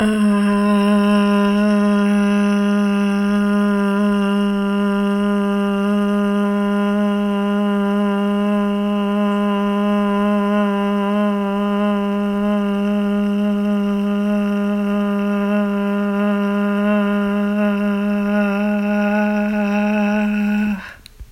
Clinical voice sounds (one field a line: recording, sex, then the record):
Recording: sustained vowel /a/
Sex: female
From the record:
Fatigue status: no fatigue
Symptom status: asymptomatic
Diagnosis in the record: COVID-19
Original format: m4a